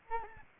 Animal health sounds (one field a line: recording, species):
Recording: mosquito wingbeat signal from an infrared sensor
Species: Aedes albopictus